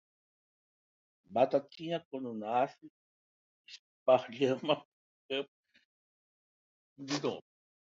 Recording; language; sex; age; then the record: short text; Brazilian Portuguese; male; 60 to 69 years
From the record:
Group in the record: control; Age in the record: 68 years